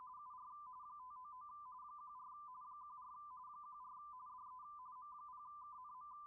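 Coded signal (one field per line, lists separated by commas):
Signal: RTTY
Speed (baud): 45.45 baud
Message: UR 599 14 14 14 DE M0KNM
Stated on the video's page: RTTY in the CQ WW RTTY Contest 2025.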